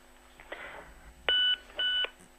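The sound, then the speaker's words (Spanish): Two identical electronic beeps, each a steady high tone lasting about a quarter second, sound in quick succession over a faint hum of a phone line, with no one speaking. “Ah, es que hemos escuchado un pitido y digo, sí, a ver yo si también se me colgó.”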